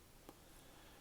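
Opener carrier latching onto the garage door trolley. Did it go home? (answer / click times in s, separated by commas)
yes / 0.3 s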